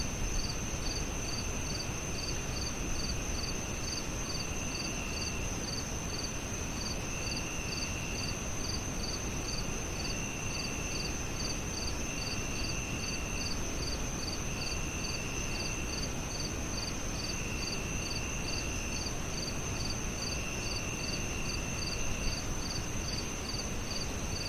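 Crickets sing steadily through the night, a dense, bright chirping that pulses in a fast, regular rhythm without pause. Beneath them lies a constant low rumble, like traffic or wind, and the level stays even for the whole stretch.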